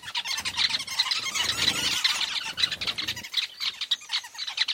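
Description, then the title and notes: Weaver colony chatter: many birds squealing and chirping together in a rapid, continuous, uneven jumble of high calls. Recorded at a large weaver nest in Etosha National Park, Namibia. "Secret Life Of A Weaver Nest. a large Weaver nest in Etosha NP, Namibia"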